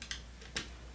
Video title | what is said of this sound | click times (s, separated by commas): 1. Setup Process - Step 2 | the red will always go on the left side right here and snap into place you can hear that snap we'll do it again okay | 0.6 s